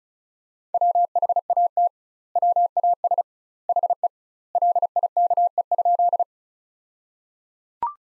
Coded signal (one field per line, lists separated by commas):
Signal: Morse code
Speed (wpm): 34 wpm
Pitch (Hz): 700 Hz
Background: none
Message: WHAT WAS HE LIKE?